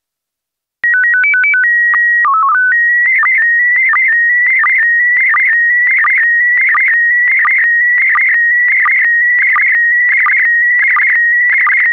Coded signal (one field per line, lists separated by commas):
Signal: SSTV (slow-scan television)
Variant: PD 90